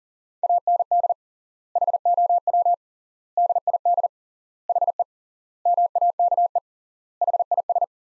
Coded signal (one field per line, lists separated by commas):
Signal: Morse code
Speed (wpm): 40 wpm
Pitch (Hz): 700 Hz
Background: none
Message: AND HOW DID HE MAKE HIS